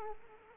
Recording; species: mosquito wingbeat signal from an infrared sensor; Culex quinquefasciatus